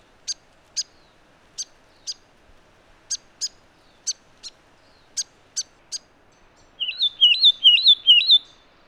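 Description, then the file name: Satin flycatcher calls: a run of crisp, high ticking notes about twice a second, then several quick, wavering whistled notes in a fast burst. "Myiagra Cyanoleuca"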